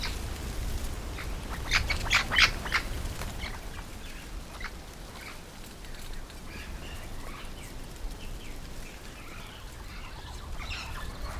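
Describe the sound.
Yellow-shouldered parrot calls: a brief cluster of sharp, harsh squawks near the start, then only faint scattered calls against steady noise.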